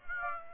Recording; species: mosquito wingbeat signal from an infrared sensor; Aedes aegypti